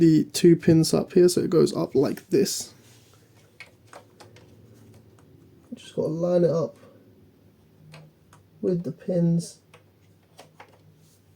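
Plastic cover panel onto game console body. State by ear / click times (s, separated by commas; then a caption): not seated / none. Someone talks while lining up the plastic cover panel of a PS5 game console with its locating pins on the console body, before sliding it home. Only small handling ticks are heard, from about 3.6 s to 10.6 s. The cover has not clicked or latched into place yet.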